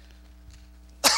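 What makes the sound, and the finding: Man (preacher) during a sermon. Cough.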